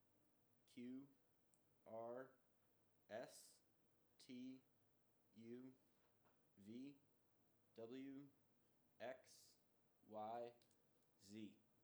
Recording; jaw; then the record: letters of the alphabet, spoken; free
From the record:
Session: first day, before the bite bar